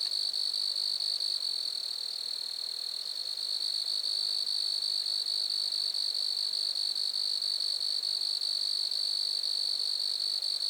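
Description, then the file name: Grasshopper buzzing, a continuous high-pitched even drone held unbroken throughout, with faint background hiss. Grasshoppers recorded at Lac-à-François, Montcerf-Lytton, Quebec, Canada. "criquets-grasshoppers- -lac-acc 80-franccca 7 ois-montcerf-lytton-quecc 81 bec-canada"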